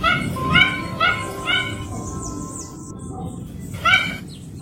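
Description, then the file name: Mandarin duck calling: three harmonic notes about half a second apart, a pause with thin high bird twitters, then one more call. "canto do pato mandarim"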